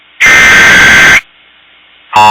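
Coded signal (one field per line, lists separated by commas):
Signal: Emergency Alert System (SAME) tones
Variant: header bursts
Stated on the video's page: Fictional EAS series episode.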